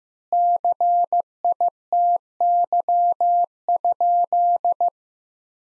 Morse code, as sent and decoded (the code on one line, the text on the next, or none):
-.-. .. - -.-- ..--..
CITY?